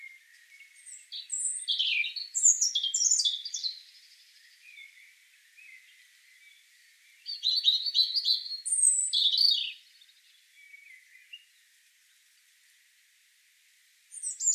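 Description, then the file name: European robin song in two bright, varied phrases of high whistles and quick trills, separated by soft, thin warbling, with another phrase starting at the end. "Erithacus rubecula"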